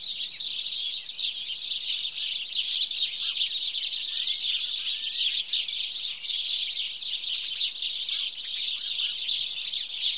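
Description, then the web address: House sparrow chatter, many birds chirping at once in a steady, dense stream with a few lower call notes. "BBC Sound Effects Library BBC 47-Birds 21 House Sparrow (Passer Domesticus)"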